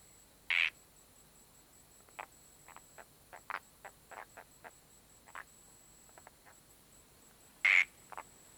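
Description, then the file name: Common tree frog calling: two loud short clicking bursts about seven seconds apart, with scattered softer clicks between them over quiet background hiss. "Polypedates Leucomystax Is Calling"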